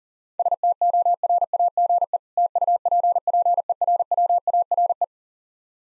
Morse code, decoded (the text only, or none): STORAGE TUPPERWARE